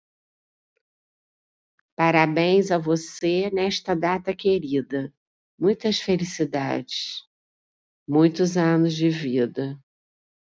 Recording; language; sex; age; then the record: short text; Brazilian Portuguese; female; 60 to 69 years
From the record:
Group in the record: control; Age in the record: 64 years